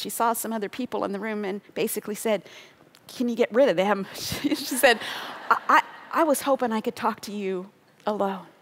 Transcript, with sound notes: She saw some other people in the other room and basically said, “Can you get rid of them?” (laughter) She said, “I was hoping I could talk to you alone.”